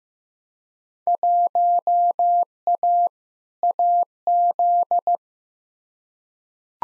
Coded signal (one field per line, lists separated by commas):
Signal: Morse code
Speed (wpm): 15 wpm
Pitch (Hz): 700 Hz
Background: none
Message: 1A AZ